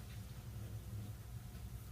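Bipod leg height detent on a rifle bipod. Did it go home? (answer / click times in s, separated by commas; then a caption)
no / none. A rifle bipod mounted on an AR-15 has one leg being extended by one height detent, the metal leg headed for its next notch. Only a steady low rumble and broadband hiss are heard, with no sharp transients. Nothing has clicked or seated into the notch yet.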